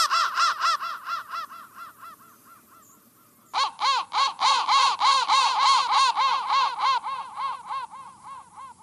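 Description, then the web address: Crow with quick repeated hoarse caws that die away, a short pause, then a loud renewed series of rapid caws slowly trailing off. "soundfactory crow"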